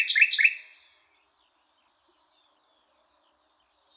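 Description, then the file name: Common nightingale song fragment: two quick harsh chirps, then a thin, drawn-out high whistle fading into silence. "Luscinia megarhynchos"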